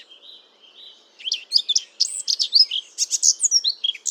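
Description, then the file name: Eurasian blackcap song opening with a thin, steady whistle, then breaking into a fast, rich warble of varied high notes. "Sylvia atricapilla"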